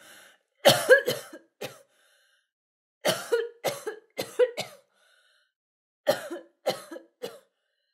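About a dozen sharp, harsh cough bursts come in three quick runs of three to five, separated by short pauses. A woman's dry-sounding coughing.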